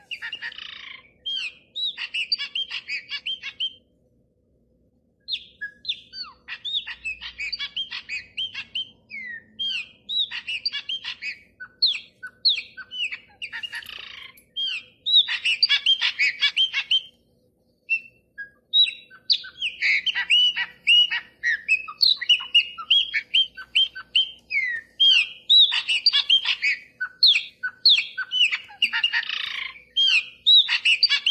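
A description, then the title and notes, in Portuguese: Birds sing in a busy, overlapping chorus: rapid bright chirps, whistles and short warbled phrases packed closely together, mostly high-pitched. The singing runs almost continuously, pausing briefly around four and eighteen seconds, with a faint low hum underneath. Pássaro preto e bem-te-vi.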